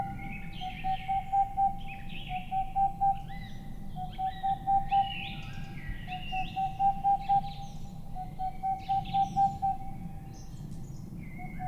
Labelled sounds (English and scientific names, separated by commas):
Boreal Owl (Aegolius funereus)